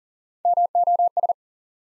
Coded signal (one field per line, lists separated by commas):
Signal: Morse code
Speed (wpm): 42 wpm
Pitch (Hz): 700 Hz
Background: none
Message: MOS